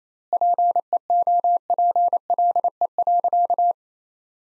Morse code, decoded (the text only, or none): PEOPLE.